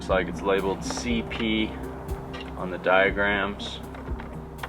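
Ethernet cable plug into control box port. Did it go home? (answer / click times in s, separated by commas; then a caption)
no / none. A blue ethernet cable plug is handled at the sauna control box port labeled CP, before the roof goes on. Someone talks over faint background music, with a couple of small taps near the end. Nothing has seated or clicked yet.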